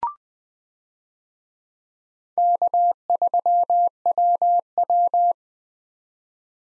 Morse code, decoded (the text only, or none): K3WW